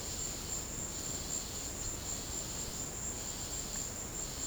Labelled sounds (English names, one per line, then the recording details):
none
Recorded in secondary vegetation near Puerto Asís, Putumayo, Colombia, on 18 December 2024 at 15:00
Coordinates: 0.489, -76.322
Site G059